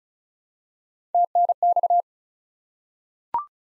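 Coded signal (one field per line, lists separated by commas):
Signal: Morse code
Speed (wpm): 36 wpm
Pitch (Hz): 700 Hz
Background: none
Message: TNX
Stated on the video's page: Head-copy drill of common QSO elements at 35 wpm; each element is sent in Morse, spoken, then sent again.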